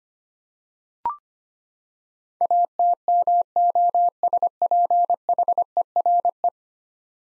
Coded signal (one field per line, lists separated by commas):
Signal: Morse code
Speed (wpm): 25 wpm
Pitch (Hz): 700 Hz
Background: none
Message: ATMOSPHERE